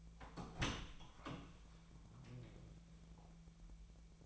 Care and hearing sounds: daily activity, microphone in the room; open door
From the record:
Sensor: 1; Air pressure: 1000.5 hPa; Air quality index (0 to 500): 184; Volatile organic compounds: 4 ppm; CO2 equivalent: 1696 ppm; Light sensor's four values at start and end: 12/28/12/13 and 12/28/12/14

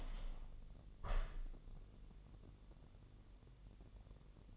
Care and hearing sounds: daily activity, microphone in the room; open window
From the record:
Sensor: 4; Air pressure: 1001.2 hPa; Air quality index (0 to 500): 246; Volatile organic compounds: 43 ppm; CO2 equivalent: 3203 ppm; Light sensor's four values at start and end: 9/19/8/7 and 9/20/8/7

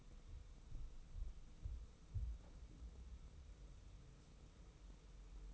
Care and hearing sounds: daily activity, microphone in the room; wipe stove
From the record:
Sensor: 1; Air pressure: 990.5 hPa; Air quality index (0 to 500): 178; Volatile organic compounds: 1000 ppm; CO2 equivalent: 6580 ppm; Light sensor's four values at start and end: 32/74/32/34 and 32/73/31/34

